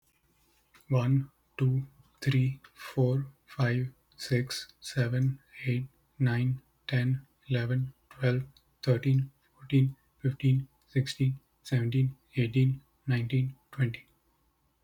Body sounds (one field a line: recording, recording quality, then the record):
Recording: counting at a normal pace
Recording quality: excellent, no background noise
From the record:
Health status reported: healthy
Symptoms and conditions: sore throat, asthma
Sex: male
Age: 27 years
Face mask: not worn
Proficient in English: yes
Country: Canada